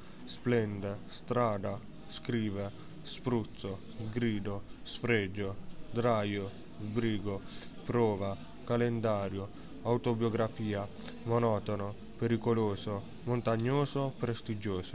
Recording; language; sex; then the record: read list of words; Italian; male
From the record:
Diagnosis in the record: healthy control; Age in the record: 19 years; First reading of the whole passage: 55 s, 9.5 characters per second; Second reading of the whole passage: 47 s, 11.1 characters per second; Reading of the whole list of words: 45 s, 6.2 characters per second